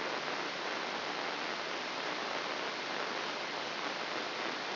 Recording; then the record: brain microelectrode recording played as sound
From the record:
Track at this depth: inside the subthalamic nucleus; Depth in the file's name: 4.709 mm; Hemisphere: left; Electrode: 3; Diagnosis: Parkinson's disease